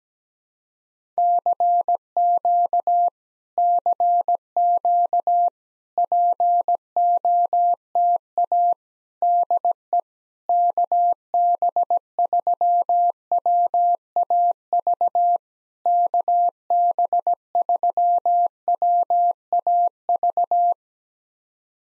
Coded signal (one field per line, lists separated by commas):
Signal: Morse code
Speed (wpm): 17 wpm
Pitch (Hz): 700 Hz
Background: none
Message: CQ CQ POTA DE KB3WAV KB3WAV